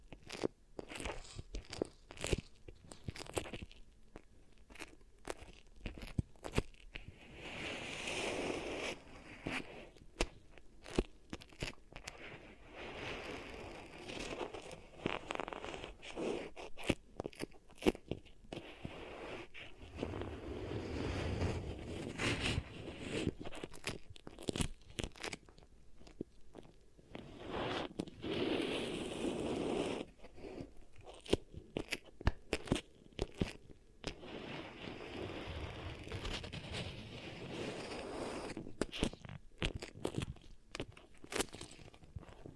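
Beeswax is pressed and worked with crunchy, sticky crackles that pop in quick, irregular bursts throughout. Denser stretches of squishing and rubbing swell and fade several times, notably around 8, 21, 28 and 35 seconds, between sparser clicks and quiet pauses.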